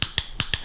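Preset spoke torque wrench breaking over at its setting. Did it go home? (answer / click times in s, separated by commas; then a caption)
yes / 0.0 s. A roughly 25-year-old, recently rebuilt preset spoke torque wrench is pressed with a thumb until it breaks over at its 48 inch-pound setting, giving a sharp click at 0.0 s. Three more sharp clicks follow at about 0.2, 0.4 and 0.5 s. The wrench is confirmed to click at its setting, which keeps the spokes from being overtightened.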